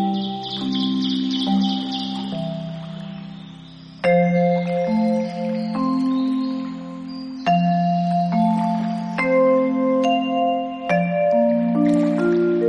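A slow melody of plucked or struck tones with long, ringing, bell-like decays, each note hanging over a held low bass. Fresh, louder attacks arrive around 4, 7.5 and 11 seconds, and the playing is clean, with nothing else behind it.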